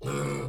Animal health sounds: pig call; weaner (32 to 43 days)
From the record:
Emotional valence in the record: negative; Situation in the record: novel object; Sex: female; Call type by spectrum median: low-frequency call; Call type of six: low-frequency stable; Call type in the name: low-frequency stable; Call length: 0.49 s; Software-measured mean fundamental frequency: 74 Hz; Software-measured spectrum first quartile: 250 Hz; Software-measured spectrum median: 545 Hz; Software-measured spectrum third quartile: 2258 Hz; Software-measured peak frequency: 135 Hz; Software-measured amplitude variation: 77 dB a second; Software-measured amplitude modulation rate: 31.7 a second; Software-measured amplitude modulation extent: 2.4 dB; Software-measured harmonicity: 0.3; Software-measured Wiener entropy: -2.30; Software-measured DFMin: 969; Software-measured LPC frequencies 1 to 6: 414, 1257, 2241, 3302, 4116, 4910 Hz

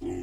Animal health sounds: pig call; weaner (32 to 43 days)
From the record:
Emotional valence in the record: negative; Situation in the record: negative conditioning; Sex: female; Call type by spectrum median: low-frequency call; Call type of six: low-frequency stable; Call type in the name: low-frequency stable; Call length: 0.23 s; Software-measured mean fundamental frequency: 56 Hz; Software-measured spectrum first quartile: 233 Hz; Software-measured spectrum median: 329 Hz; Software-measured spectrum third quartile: 453 Hz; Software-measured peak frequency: 341 Hz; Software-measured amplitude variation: 90 dB a second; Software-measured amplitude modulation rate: 23.6 a second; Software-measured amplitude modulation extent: 3.8 dB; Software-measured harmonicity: 3.6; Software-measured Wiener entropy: -0.36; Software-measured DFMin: 807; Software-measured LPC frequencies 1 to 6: 341, 1979, 2661, 3135, 4206, 5002 Hz

